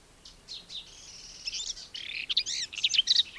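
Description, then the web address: Garden warbler song, starting softly and swelling into clearer, rich warbled notes by the end of this brief excerpt. "Madardalok Kerti poszáta"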